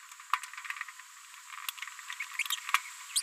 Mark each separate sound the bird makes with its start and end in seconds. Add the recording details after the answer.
2.39-2.42. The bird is a female. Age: 31 days. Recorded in a nest box in Venezuela. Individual 17B73B2